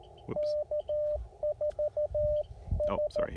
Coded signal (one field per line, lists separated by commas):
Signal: Morse code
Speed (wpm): 14 wpm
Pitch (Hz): 590 Hz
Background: radio noise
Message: K4S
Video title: POTA Activation: Second Creek Game Land with the Icom IC-705 and CHA MPAS 2.0